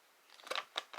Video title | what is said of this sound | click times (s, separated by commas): Locking holsters for Taurus G2C and Taurus Judge revolver. | and then you push it in it makes it a little click | 0.8 s